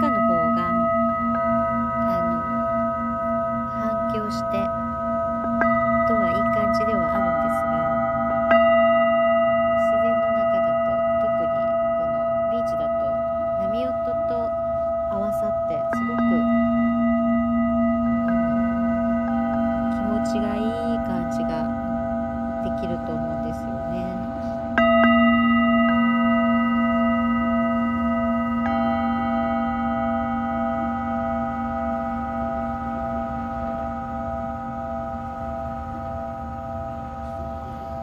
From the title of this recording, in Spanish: Cuenco tibetano desde Caribe Mexicano